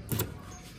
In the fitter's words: sudah terkunci? Ya.